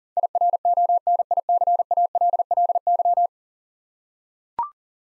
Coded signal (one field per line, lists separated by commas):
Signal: Morse code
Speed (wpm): 40 wpm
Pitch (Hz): 700 Hz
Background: none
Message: IRONICALLY